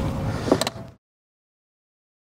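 A child car seat's ISOFIX connector arm is pushed onto the vehicle seat's anchor bar, with one side already clicked in and the other not yet. Sharp metallic latch clicks sound at 0.5, 0.6 and 0.7 seconds, and the connector seats. The sound then cuts to silence after about one second.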